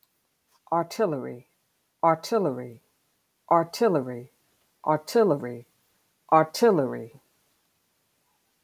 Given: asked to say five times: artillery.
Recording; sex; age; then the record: repeated word; female; 50 to 59 years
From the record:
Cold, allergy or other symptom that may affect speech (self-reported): no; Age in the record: 51 years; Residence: Virginia, United States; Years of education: 16